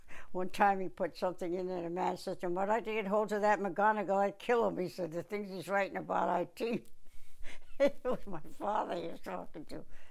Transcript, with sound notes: One time he put something in there, a man says to him, "I'd like to get hold of that McGonagall, I'd kill him." He said, "The things he's writing about our team." [Laughs] It was my father he was talking to.